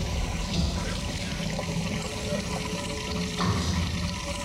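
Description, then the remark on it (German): Water rushes and gushes in a steady, churning roar, flooding in from below and rising, with bubbling and sloshing textures throughout and no voices. “Alles ist voll Wasser. Es steigt.”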